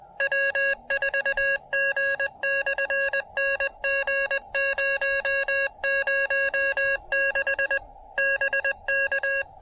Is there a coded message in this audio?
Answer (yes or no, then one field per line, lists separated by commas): yes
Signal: Morse code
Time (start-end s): 0.2-9.4 s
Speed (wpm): 20 wpm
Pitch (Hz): 1650 Hz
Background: none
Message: W4G/NG006 BK